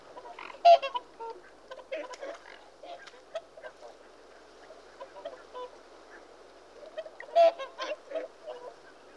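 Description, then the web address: Whooper swan trumpeting: nasal, honking notes in bursts, with a loud cluster near the start and another around seven seconds, and softer scattered honks between. "The BBC Sound Effects Library. Whooper Swan (Cygnus Cygnus)"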